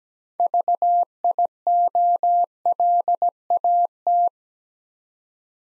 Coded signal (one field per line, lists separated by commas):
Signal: Morse code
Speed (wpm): 17 wpm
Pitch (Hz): 700 Hz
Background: none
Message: VIOLAT